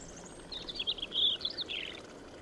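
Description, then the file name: European robin song: a short phrase of high, warbling, wavering notes ending in a descending slur, over steady background hiss. "Erithacus rubecula"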